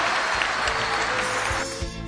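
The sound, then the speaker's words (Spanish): An audience claps steadily in a dense, continuous wash of applause in tribute to the late Argentine artist, loud and sustained throughout, with some tonal background sound emerging toward the end. “Un gran aplauso para ese gran artista argentino que fue ….”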